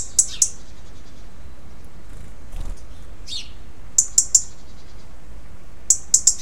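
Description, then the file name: European robin ticking calls, short high clicks in bursts of two or three with pauses between, against a quiet low background hum. "Erithacus rubecula"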